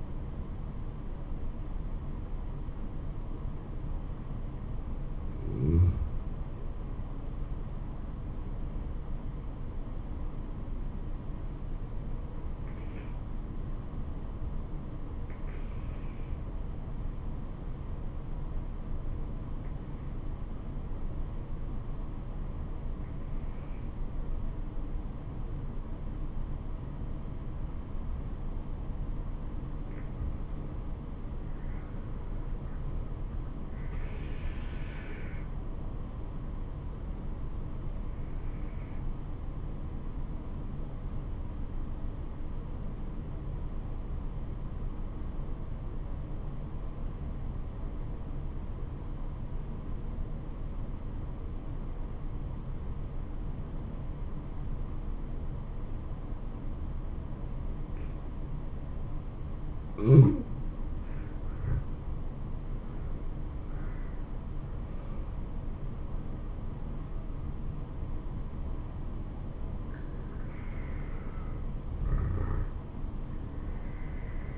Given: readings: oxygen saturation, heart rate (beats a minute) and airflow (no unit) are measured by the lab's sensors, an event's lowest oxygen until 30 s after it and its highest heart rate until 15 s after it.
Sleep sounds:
breathing in sleep by a smartphone at the bedside; 2
14.00-32.50 s: obstructive apnea (N2, oxygen 96% highest, then 87% lowest, heart rate 71 at the start, 76 highest)
39.00-63.10 s: obstructive apnea (N2, oxygen 94% highest, then 85% lowest, heart rate 66 at the start, 76 highest)
55.00-74.58 s: new sleep stage, N1 (lightest sleep)
From the record:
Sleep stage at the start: N2 (light sleep); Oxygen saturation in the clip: 86 to 96%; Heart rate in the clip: 66 to 76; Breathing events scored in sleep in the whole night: 426 in 7.4 hours asleep

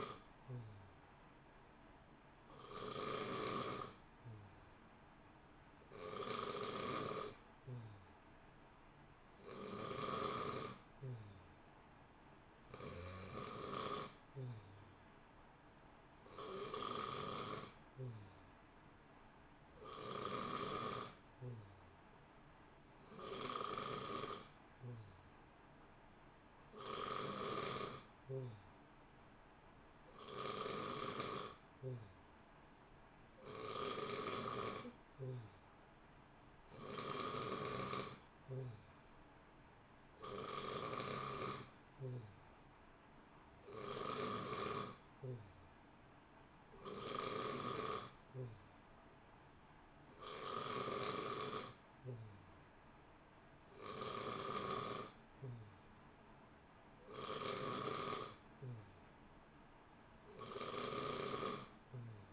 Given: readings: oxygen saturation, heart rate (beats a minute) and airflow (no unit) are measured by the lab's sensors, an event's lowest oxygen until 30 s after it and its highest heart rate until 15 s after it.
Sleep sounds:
breathing in sleep by a voice recorder at the bedside; none
60.00-62.33 s: new sleep stage, N3 (deep sleep)
From the record:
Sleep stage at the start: N2 (light sleep); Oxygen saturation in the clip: 90 to 91%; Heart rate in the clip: 59 to 64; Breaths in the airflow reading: 20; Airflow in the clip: -0.8 to 0.9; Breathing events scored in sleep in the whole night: 328 in 6.3 hours asleep

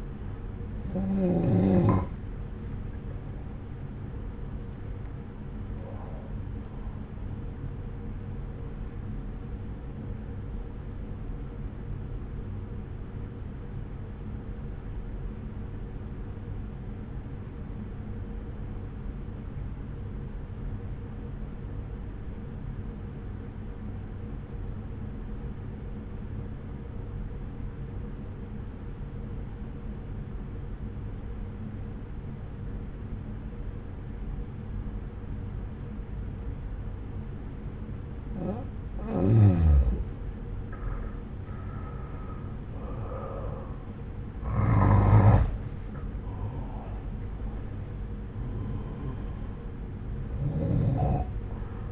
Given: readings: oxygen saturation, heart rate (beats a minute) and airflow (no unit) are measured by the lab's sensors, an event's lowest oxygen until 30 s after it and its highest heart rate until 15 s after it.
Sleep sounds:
breathing in sleep by a smartphone at the bedside; 1
15.00-40.40 s: obstructive apnea (N1, oxygen 96% highest, then 87% lowest)
From the record:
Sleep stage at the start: N1 (lightest sleep); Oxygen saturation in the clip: 87 to 96%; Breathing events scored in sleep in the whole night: 303 in 8.1 hours asleep

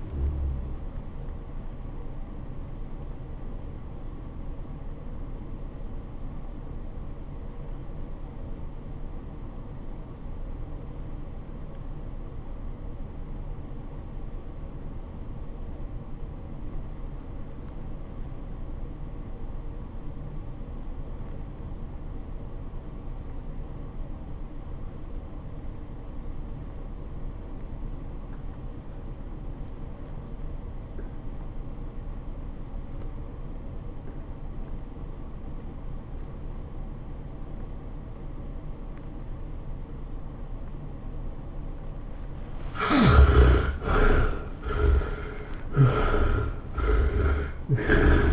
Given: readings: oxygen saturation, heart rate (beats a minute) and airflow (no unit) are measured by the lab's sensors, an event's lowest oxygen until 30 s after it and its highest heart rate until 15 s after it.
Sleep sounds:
breathing in sleep by a smartphone at the bedside; 1
6.00-44.00 s: obstructive apnea (REM, oxygen 92% highest, then 56% lowest, heart rate 89 at the start, 114 highest)
From the record:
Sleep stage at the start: REM sleep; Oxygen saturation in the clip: 58 to 92%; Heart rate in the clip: 57 to 108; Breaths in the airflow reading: 3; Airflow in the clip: -19.0 to 11.2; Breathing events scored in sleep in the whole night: 403 in 5.5 hours asleep

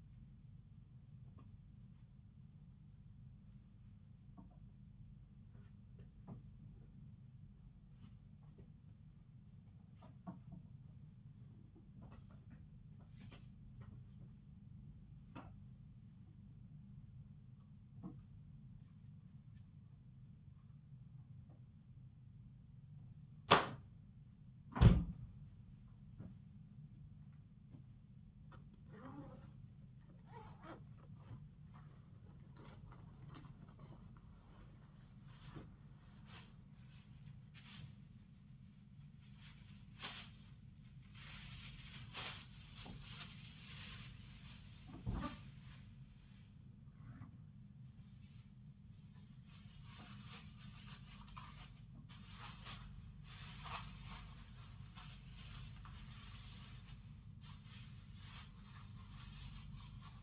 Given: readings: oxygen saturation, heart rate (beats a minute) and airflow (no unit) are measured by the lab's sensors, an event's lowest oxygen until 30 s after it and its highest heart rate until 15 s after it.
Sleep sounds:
a person awake in a sleep study, by a smartphone at the bedside; none
0.00-60.23 s: awake
From the record:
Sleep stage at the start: awake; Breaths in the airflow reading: 25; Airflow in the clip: -0.7 to 0.6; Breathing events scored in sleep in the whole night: 270 in 6.1 hours asleep

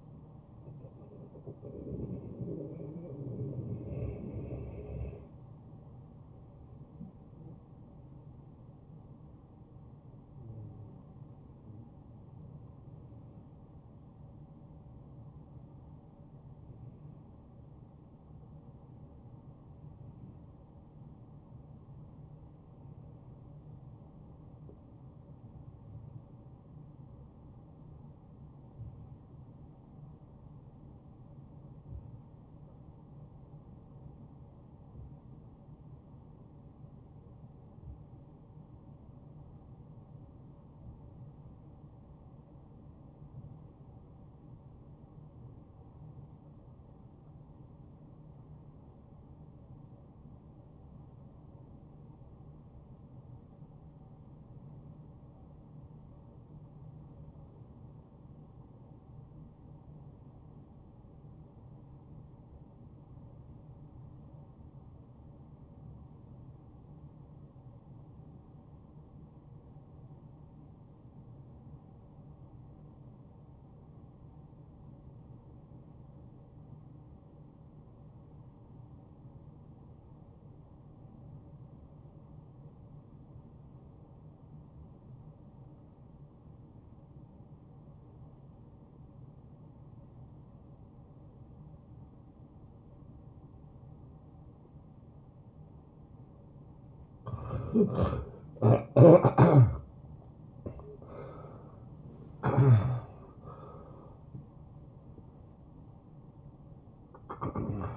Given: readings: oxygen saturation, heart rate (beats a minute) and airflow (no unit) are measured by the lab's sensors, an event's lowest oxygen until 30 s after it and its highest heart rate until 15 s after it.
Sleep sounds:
breathing in sleep by a smartphone at the bedside; 1
23.00-97.90 s: obstructive apnea (N1, oxygen 96% highest, then 69% lowest, heart rate 72 at the start, 91 highest)
52.00-107.97 s: new sleep stage, REM sleep
From the record:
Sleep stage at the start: N1 (lightest sleep); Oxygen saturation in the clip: 73 to 96%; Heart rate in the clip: 60 to 89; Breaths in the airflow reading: 11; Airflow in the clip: -15.7 to 8.8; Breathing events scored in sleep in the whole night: 263 in 5.5 hours asleep

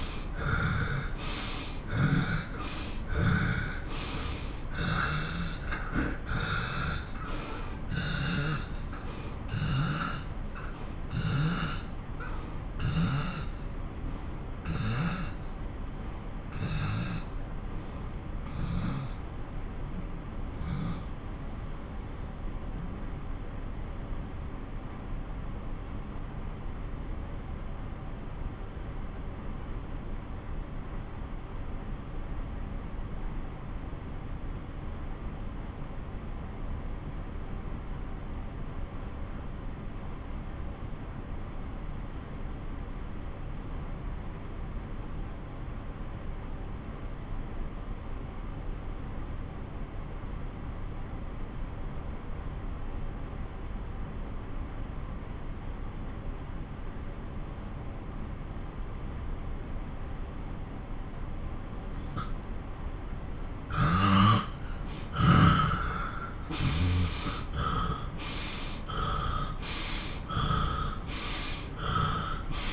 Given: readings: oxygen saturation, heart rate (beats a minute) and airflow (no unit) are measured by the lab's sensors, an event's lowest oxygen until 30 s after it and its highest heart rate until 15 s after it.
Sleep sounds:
breathing in sleep by a smartphone at the bedside; 1
7.00-59.90 s: obstructive apnea (N1, oxygen 95% highest, then 88% lowest)
16.00-72.73 s: new sleep stage, N2 (light sleep)
From the record:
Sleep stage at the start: N1 (lightest sleep); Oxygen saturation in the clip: 87 to 95%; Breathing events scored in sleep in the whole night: 217 in 6.3 hours asleep

